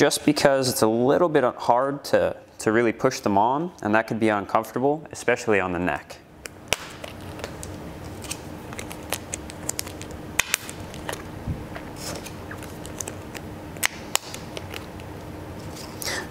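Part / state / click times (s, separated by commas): lead clip onto snap electrode / seated / 6.7 s, 10.4 s, 13.9 s, 14.2 s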